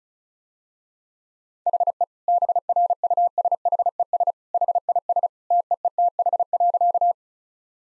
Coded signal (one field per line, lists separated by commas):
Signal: Morse code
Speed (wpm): 36 wpm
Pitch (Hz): 700 Hz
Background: none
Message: HE BRUSHES HIS TEETH.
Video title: Easy Sentences with Hints - 35wpm